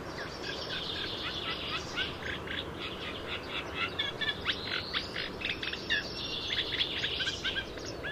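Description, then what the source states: Eurasian reed warbler singing a long, jerky chatter of harsh repeated notes, varying the phrases rapidly, with steady low rumble underneath. Recorded at Lyngs.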